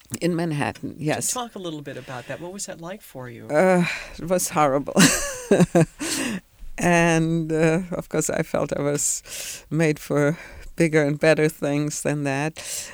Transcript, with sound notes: In Manhattan, yes.
Talk a little bit about that. What was that like for you?
Uh, it was horrible. (she laughs) And, of course, I felt I was made for bigger and better things than that.